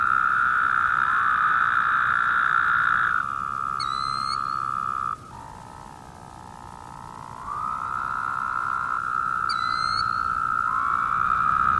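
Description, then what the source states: Woodhouse's toads in a buzzy chorus, long nasal droning trills overlapping continuously, with two short bursts of high chirps about seven seconds apart. More than one toad.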